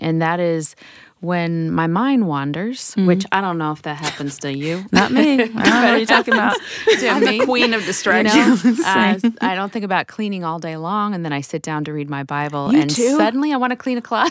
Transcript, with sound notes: And that is, when my mind wanders... which, I don’t know if that happens to you.
Not me! I don’t know what you’re talking about! (laughter)
I’m the queen of distraction!
I don’t think about cleaning all day long, and then I sit down to read my Bible and, suddenly, I want to clean a closet!